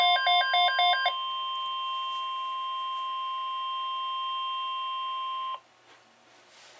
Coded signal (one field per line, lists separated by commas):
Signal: Emergency Alert System (SAME) tones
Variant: 1050 Hz attention tone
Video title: Severe Thunderstorm Watch #159 (EAS Alert #969)